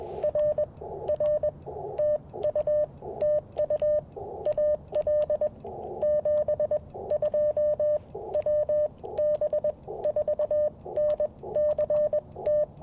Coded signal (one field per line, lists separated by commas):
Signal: Morse code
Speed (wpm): 21 wpm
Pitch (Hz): 600 Hz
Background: radio noise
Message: R R TU TU AL 72 WB4NCT